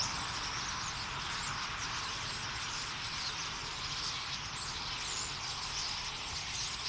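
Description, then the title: Common starling flock singing together, a steady dense chatter of high whistles and rattles, with traffic rumbling low in the background. Flock singing in a tree; Boldixumstieg, Nieblum, Germany; Zoom H3-VR ambisonic recorder, binaural stereo rendering, edited in Audacity. "Boldixumstieg, 25938 Nieblum, Deutschland - Ein Vogelschwarm Stare. A flock of birds starlings"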